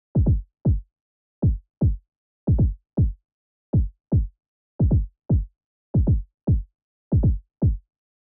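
A heartbeat at 155 beats per minute.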